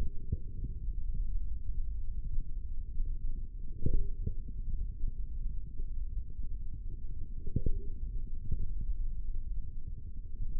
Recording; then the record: forearm muscle sounds (acoustic myography)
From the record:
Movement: hand opening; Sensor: system 3, bracelet of six PUI Audio POM-2738L microphones around the upper forearm, with dedicated amplification and filtering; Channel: 5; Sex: male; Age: 25 years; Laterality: right